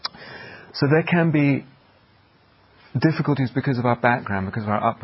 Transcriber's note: none